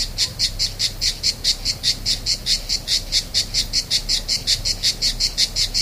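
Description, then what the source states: Cicada song: rhythmic, high-pitched buzzy pulses repeated rapidly, steady throughout, with a low background hum. Recorded on 3 September 2009, starting at 07:29 in the morning.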